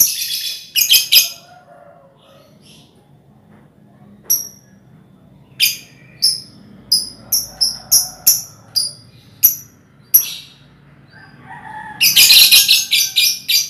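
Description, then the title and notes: Lovebird chatter: bursts of shrill, high squeaky notes at the start and end, with a run of sharp chirps repeated rapidly through the middle and quiet gaps between. Ngekek song, used as a lure song (kicau pancingan). "Master Kicau Lovebird ngekek, kicau pancingan"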